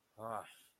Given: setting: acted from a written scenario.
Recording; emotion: vocal sound without words; confusion